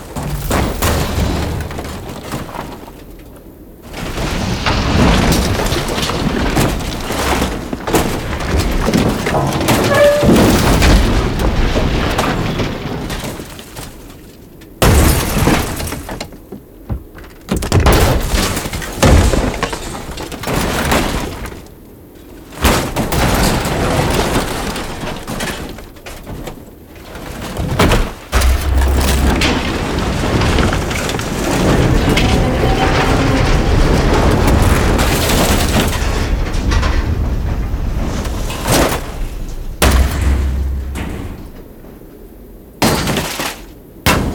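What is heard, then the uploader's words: Metal debris crashes and scrapes in dense, noisy bursts, with sharp impacts around 15 and 28 seconds and brief quiet gaps between surges. Metal Debris Sound Effects.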